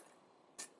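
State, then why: Seated. The plastic hands on the arm of a 2015 Robots in Disguise Warrior-class Fracture transforming toy figure are flipped out. After a low background hiss, a sharp click sounds at 0.6 s as a hand snaps into place. Another brief rise in hiss follows near the end.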